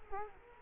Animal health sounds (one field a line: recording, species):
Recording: mosquito wingbeat signal from an infrared sensor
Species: Culex quinquefasciatus